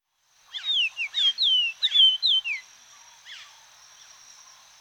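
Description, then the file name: Greater Antillean oriole singing a short phrase of several bright whistled notes that slur and fall, then a soft trailing note against faint background hiss. Cuba. "George Reynard & Orlando Garrido - Greater Antillean Oriole"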